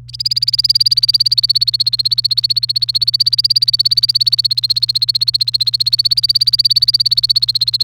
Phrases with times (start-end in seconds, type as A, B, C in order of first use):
0.08-7.84 A